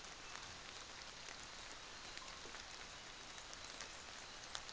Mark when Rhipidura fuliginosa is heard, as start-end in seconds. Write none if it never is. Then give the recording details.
none. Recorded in New Zealand on 24 December 2018. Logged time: 06:00